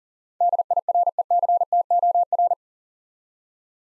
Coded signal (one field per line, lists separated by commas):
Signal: Morse code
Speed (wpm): 40 wpm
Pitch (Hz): 700 Hz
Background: none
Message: DIRECTOR